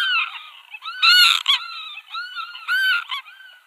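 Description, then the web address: Northern lapwing calls: a series of wheezy, slurred notes with a couple of louder, harsher bursts. "Schulze Peter Northern Lapwing calls"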